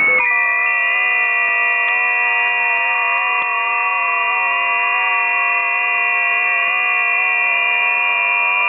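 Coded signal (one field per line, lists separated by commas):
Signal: FT8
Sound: many overlapping soft warbling tones holding near-steady pitches, changing in small steps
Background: radio static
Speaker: I tuned to 10 meters FT8. Here are the results. They are mainly amateurs from Europe. I also see a few stations from Brazil.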